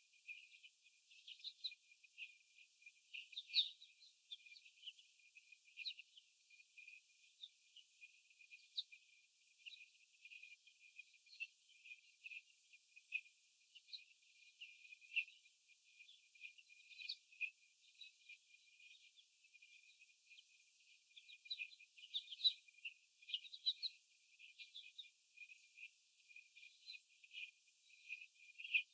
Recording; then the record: young laying hens in a cage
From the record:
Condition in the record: after the stressor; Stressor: sudden umbrella opening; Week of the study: 3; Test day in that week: 2